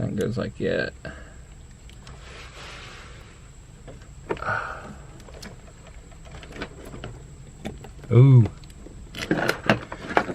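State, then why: Seated. Someone talks while a plug-and-play wiring harness connector for an N2MB WOTBOX install, with a plastic housing, is pushed into the mating plastic connector of an SRT4-swapped minivan's vehicle harness, with short rustles and taps along the way. A sharp click sounds at 9.7 s as the connector seats and locks in, and it won't come back out.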